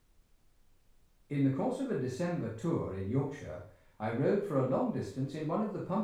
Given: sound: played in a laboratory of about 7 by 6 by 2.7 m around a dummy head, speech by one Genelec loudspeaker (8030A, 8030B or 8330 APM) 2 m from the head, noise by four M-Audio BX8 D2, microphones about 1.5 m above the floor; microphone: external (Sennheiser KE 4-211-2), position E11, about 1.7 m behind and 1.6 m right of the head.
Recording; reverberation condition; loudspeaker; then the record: male speech in English; medium; behind (180 degrees)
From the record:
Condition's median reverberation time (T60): about 510 ms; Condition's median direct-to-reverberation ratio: about -0.5 dB